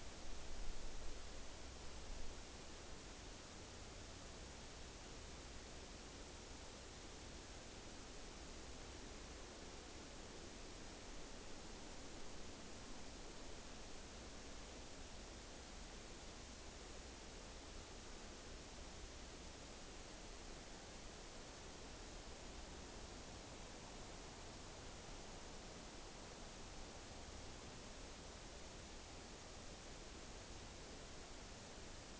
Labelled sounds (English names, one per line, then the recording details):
Morepork more-pork call
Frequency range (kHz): Morepork 0.8-1.2 kHz
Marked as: faintness 5/5
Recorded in New Zealand on 9 October 2013
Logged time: 17:00
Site Ponui